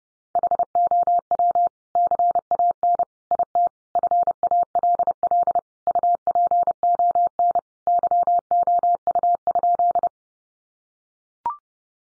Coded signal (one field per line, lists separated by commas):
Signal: Morse code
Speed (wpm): 28 wpm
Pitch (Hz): 700 Hz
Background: none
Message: HOW CAN IT FALL UPON YOU?